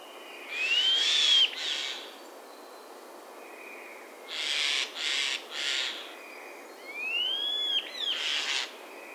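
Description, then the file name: Eurasian jay uttering rough, hoarse screeches in three bouts, with rising whistle-like notes in the first and last bouts. "Garrulus glandarius"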